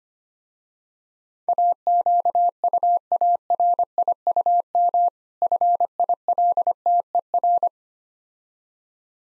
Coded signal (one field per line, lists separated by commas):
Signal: Morse code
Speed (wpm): 25 wpm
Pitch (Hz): 700 Hz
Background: none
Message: AQUARIUM FILTER